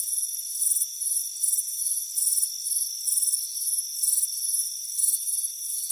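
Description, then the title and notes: Crickets chirping in rapid, uneven bursts, several a second, with a steady ringing insect tone running underneath throughout. Chirping crickets on a warm afternoon by a front porch. "Soothing Crickets Chirping Sound. It's a warm afternoon as you relax in a hammock on the front porch. Relax and fall asleep to the soothing sound of chirping crickets. Deep Sleep Sounds"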